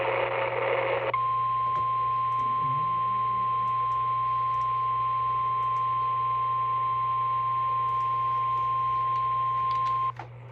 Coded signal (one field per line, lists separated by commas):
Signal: Emergency Alert System (SAME) tones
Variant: 1050 Hz attention tone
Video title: EAS 876: LWX FLW